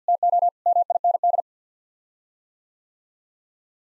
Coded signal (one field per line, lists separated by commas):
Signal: Morse code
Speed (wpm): 50 wpm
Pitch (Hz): 700 Hz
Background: none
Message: TO MIND